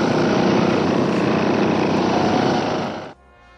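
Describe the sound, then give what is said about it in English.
A jackhammer pounds away in a loud, rapid, continuous rattle of impacts with a rough mechanical roar, then cuts off abruptly near the end, leaving only a faint hum. “Question number one I've got is, how do you say jackhammer in Chinese? How do you say this is not technical difficulties?”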